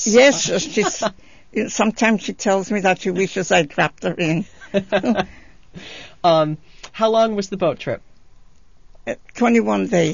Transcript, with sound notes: Yes. Sometimes she tells me that she wishes I dropped her in. ( they laugh )
How long was the boat trip?
Twenty-one days.